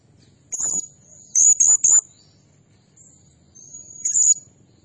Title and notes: Burung Serindit Nembak Gacor Bikin Emosi Semua Burung. Suara Nasteran Dan Pemikat Burung Serinditan Gacor